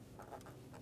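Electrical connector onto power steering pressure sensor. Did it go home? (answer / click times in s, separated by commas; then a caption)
no / none. An electrical connector is handled over the power steering pressure sensor on a 2004–2015 Nissan Titan, about to be pressed straight down onto it. Only faint, low rustling handling noise is heard, with soft brief scrapes and a slightly louder tap near 0.75 s. Nothing has seated or clicked yet.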